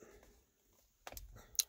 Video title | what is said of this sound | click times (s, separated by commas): REPLACING FORD / LINCOLN AIRBAG WITHOUT CHANGING CLOCKSPRING | push the connector until you hear a click click | 1.6 s